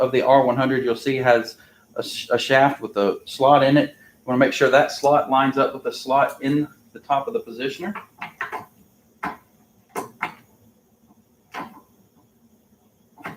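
A VAC V100 actuator's slotted shaft is handled while being lined up with the slot in the top of the positioner during installation of the positioner onto its bracket. Someone talks over it, followed by a few short knocks and taps around 8.2, 8.4, 9.2, 10.2 and 13.3 seconds. Nothing has seated or clicked into place yet.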